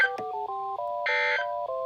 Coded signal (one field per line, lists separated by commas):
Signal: Emergency Alert System (SAME) tones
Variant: end-of-message bursts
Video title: Severe thunderstorm warning EAS#17